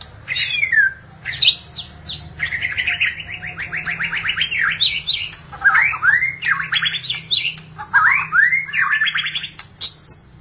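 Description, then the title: Magpie-robin or shama song: a long, rich run of rapid repeated notes mixed with swooping whistles and chips, nearly continuous throughout. "BM Suara Burung Murai"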